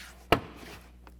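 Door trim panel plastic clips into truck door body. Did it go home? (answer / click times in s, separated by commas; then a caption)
yes / 0.3 s. A plastic door trim panel is lined up and pressed firmly onto the door of a 2007–2021 Toyota Tundra truck during a towing mirror install, so its plastic retaining clips engage the door body. A sharp snap is heard at 0.3 s, followed by a faint tick at 1.1 s. The panel clips are seated.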